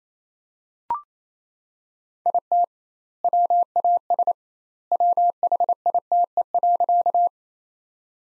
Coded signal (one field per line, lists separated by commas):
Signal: Morse code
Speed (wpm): 28 wpm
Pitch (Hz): 700 Hz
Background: none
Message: IT WAS WHITE.